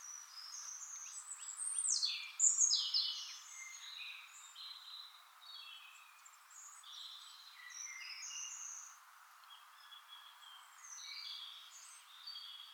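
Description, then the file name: European robin singing soft, high, liquid warbled phrases that start louder and fade into quieter jumbled notes over a faint hiss. "Erithacus rubecula"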